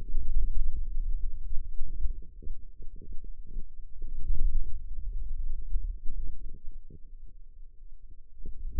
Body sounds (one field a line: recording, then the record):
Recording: forearm muscle sounds (acoustic myography)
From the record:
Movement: hand closing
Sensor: system 2, bracelet of six BSWA MPA416 microphones around the upper forearm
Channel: 2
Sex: female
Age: 21 years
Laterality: right